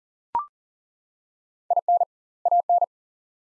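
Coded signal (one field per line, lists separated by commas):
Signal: Morse code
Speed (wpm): 40 wpm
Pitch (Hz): 700 Hz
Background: none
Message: IN AN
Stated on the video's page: Morse practice at 40 wpm, two-word sets with 2x word spacing, Farnsworth-like method using words; each set is sent, then spoken.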